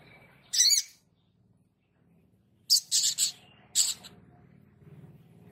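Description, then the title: Spiderhunter giving brief scratchy high bursts: one early phrase, then a quick run of three, then another, over a low steady hum. Labaik variant, from a masteran (cage-bird training) recording. "Sogok Ontong Labaik"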